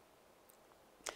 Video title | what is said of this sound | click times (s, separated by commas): Adding a Mitsubishi MHK2 Thermostat to a Mitsubishi MSZ FS Mini-split ductless heater | by friction you kind of put the bottom in then push on the top clicks back into place very seamless | 1.1 s